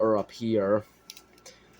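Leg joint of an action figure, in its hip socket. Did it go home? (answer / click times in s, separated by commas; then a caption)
yes / 1.1 s, 1.2 s, 1.4 s, 1.5 s. Someone talks, then the stiff, ratcheted plastic leg joint of a Hammond Collection Carnotaurus action figure is moved up into its raised position in the hip socket. It clicks at 1.1, 1.2, 1.4 and 1.5 seconds and seats in place, since the joint only rests fully back or fully up, with no positions in between.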